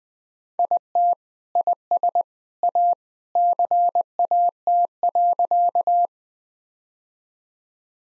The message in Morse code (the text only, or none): IT IS A CAT.